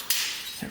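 A rubber spark plug cap that had not clicked into place is pushed down onto the plug terminal on the right-hand cylinder of a 1971 500cc two-stroke motorcycle. It snaps on with a sharp, bright click at 0.1 s, followed by a fading hiss and a soft low thump near the end. The cap is seated on the plug.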